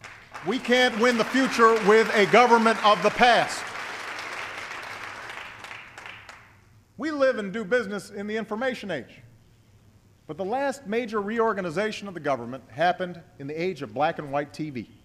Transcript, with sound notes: We can’t win the future with a government of the past. (Applause.) We live and do business in the Information Age, but the last major reorganization of the government happened in the age of black-and-white TV.